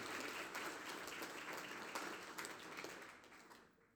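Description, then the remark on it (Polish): An audience applauding God during a church service, a dense, steady wash of many hands clapping that holds strong for about three seconds, then thins and fades out toward the end. “Oddajmy Bogu klaski i zawody za wieczór.”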